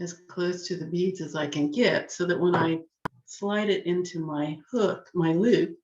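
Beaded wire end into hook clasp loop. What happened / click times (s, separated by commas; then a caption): The wire end is being handled but has not yet snapped into the clasp / none. Someone talks while handling a beaded jewelry piece, with its wire end pushed as close to the beads as possible before being slid into its hook loop clasp so it won't easily come back out. The clip ends before the wire end goes home, and nothing has seated or clicked yet.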